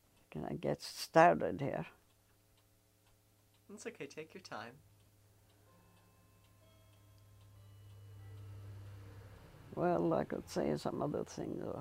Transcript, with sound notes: Can I get started here?
That's okay. Take your time. [clock chimes]
Well, I could say some other thing.